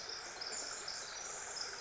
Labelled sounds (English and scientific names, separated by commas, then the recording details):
Pacific Wren (Troglodytes pacificus)
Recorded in Sonoma County, California